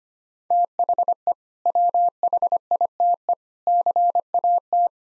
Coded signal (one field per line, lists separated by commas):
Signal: Morse code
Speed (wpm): 25 wpm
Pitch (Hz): 700 Hz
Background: none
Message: THE WHITE CAT